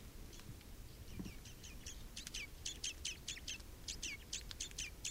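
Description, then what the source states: Red crossbill calls, a rapid series of short sharp chips with downward-sweeping notes, over low background rumble. Recorded 27 October 2014 in the Rusel area.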